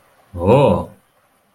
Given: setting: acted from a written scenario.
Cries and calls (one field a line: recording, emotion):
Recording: vocal sound without words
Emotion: interest